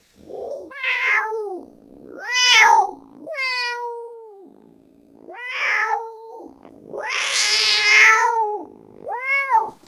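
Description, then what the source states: Cat yowling angrily, long drawn-out wavering howls and growling moans rising and falling in pitch, several in a row with short gaps. Angry, big wild cat, low-pitched.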